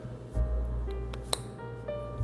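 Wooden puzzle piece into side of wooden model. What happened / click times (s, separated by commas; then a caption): The wooden piece clicked into place / 1.3 s. A second wooden piece of a 3D wooden Kissa Coffee House puzzle is pressed against the side of the wooden model while music plays in the background. A faint tick comes at 1.1 s, then a sharp, bright click at 1.3 s as the piece seats into the side.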